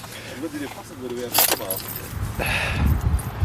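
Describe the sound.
Keys jangle in bright metallic bursts as a car is being locked, first a short clatter and then a longer rattling shake, with a brief murmur of voice before them and low rumbling underneath.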